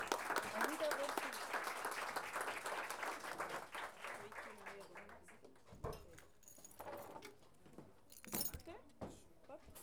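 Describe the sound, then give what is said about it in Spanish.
An audience bursts into loud, dense applause at the start of a feminist performance, gradually thinning out after a few seconds into scattered, sharper claps, with some voices mixed in. “un aplauso feminista para este comienzo de Chantus”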